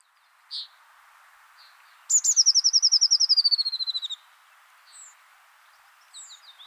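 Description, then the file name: Eurasian blue tit giving a fast trill of about twenty high notes that slides gently downward over two seconds, with a few short high chips before and after. "Cyanistes caeruleus"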